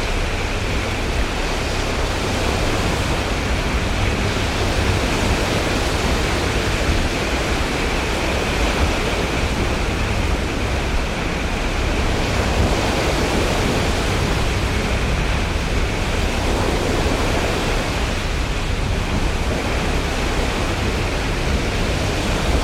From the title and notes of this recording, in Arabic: عاصفة البحر. اصعد على متن ناقلة بضائع قوية وهي تتحدى عواصف شمال الأطلسي العاتية. مع سرعة الرياح المذهلة التي تصل إلى 70-80 عقدة والمطر الذي يضرب هيكل السفينة الفولاذي بلا هوادة. اشعر بتمايل السفينة وهي تتراقص مع الأمواج العظيمة، مصحوبة بالهمس المطمئن للمحركات القوية.